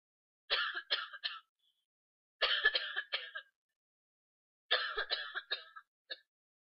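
Three clusters of short, sharp, hacking coughs, two to four per bout, with clean silences between them and no rattle or gurgle. An adult's imitation of a dry, non-productive cough, one of the two kinds of cough in children with a cough and cold.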